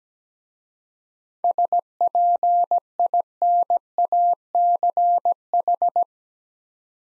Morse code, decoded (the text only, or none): SPINACH